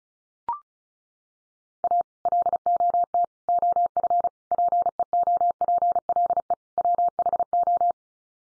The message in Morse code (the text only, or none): A LOT OF PEOPLE WHO